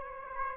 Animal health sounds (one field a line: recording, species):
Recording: mosquito wingbeat signal from an infrared sensor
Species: Aedes aegypti